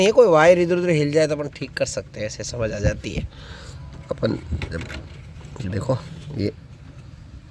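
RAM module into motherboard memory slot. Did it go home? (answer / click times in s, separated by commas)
no / none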